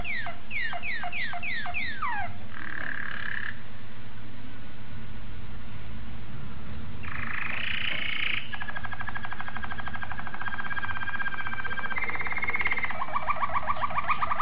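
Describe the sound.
Domestic canary singing quick down-slurred whistles, then brief buzzy bursts and long rolling, rattling trills at shifting pitches, with a low hum underneath.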